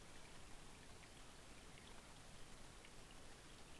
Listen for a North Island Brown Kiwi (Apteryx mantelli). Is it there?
no